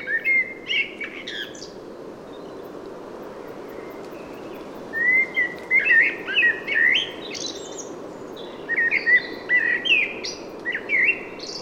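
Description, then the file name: Common blackbird song: a fluted whistled phrase, a quiet pause, then several mellow warbled phrases each ending in thin, squeaky high twitters, over a steady low background hiss. "Turdus merula"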